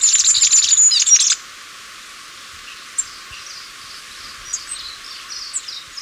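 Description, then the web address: Masked flowerpiercer song: a fast high jumbled twitter in the opening second, followed by sparse soft chips and faint background notes. Recorded in Ecuador. "Natures Songs S America Birds of Ecuador. Masked Flowerpiercer"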